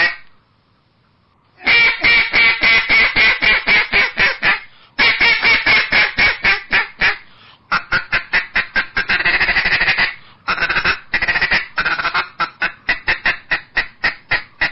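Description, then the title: Eastern Spot-billed Duck calling: after a short silence, a long run of harsh quacks, roughly four per second, broken by brief pauses. At Baiyangdian; the duck is nicknamed 水上漂, 'water-skimmer', for its skill on the water. "家住白洋淀——我的观鸟笔记 功夫了得的“水上漂”斑嘴鸭"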